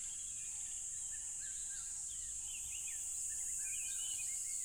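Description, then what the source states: Crickets drone on at a high pitch while several birds call with short downward whistles and chirps. Loud crickets at a tropical river.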